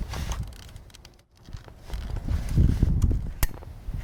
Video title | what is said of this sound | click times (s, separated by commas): The '08 #Astra gets new headlamp bulbs | and you heard a click there | 3.4 s